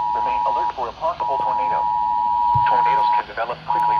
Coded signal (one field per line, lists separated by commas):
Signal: Emergency Alert System (SAME) tones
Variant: 853 and 960 Hz attention tone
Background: speech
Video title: SVR FOR ME and WEA TOR!!!! EAS#256